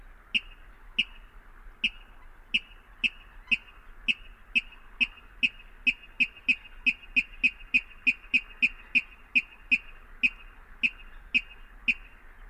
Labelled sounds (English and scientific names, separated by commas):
Water Rail (Rallus aquaticus)